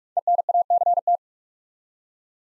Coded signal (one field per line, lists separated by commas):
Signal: Morse code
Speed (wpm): 44 wpm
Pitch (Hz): 700 Hz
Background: none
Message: ENACT